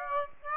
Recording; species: mosquito wingbeat signal from an infrared sensor; Aedes aegypti